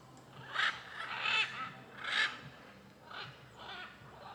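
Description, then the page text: Blue-and-yellow macaw squawks, harsh and raucous, several calls spaced irregularly over four seconds. Many macaws calling on a street in Alto Paraíso de Goiás, Cerrado, Brazil, with cars passing. "Rua em Alto Paraiso com muitas araras cantando e carros passando. Arquivo de Arara-canindé - Coleção Sonora do Cerrado"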